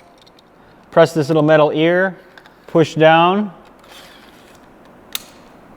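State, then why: Seated. Someone talks while the small metal ear on the crank cocking slide of a TenPoint Havoc RS440 XERO crossbow is pressed and pushed down. A single sharp mechanical snap at 5.2 s marks the crossbow string seating into the trigger latch, with the safety engaging automatically.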